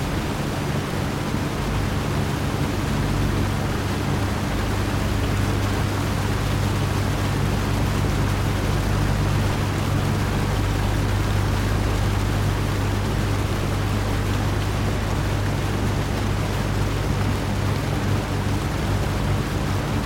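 A home appliance runs with a constant low hum, with steady bands of droning tone near the bottom and a dense, even hiss across the whole range. Nothing changes over the twenty seconds; the sound is unbroken and level throughout.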